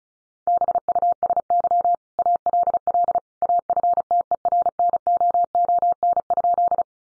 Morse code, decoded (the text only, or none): BUSY ALL AFTERNOON?